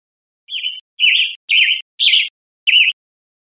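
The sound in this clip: Western tanager giving five short, burry, slightly rough notes in quick succession, the last after a slightly longer pause, with no other sounds.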